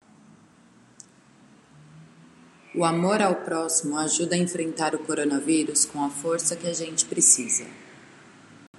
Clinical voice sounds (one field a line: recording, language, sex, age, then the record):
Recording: spoken sentence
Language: Brazilian Portuguese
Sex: female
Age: 30 to 39 years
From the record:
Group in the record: control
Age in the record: 31 years